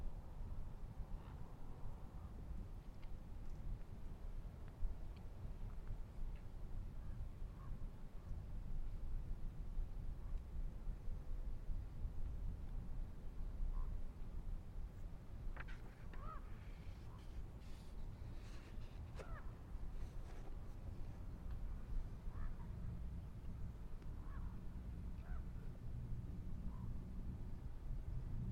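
Steady low rumble of distant-sounding traffic fills the scene at Manzanita Barren, with scattered short chirps and clicks, busiest between fifteen and twenty seconds.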